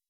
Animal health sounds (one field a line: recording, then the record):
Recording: hydrophone in a shrimp aquaculture tank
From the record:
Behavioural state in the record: weakened